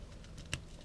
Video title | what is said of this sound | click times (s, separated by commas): WWE THE FIEND BRAY WYATT CUSTOM ACTION FIGURE (VERSION 1.0) | you go you might hear a click once | 0.5 s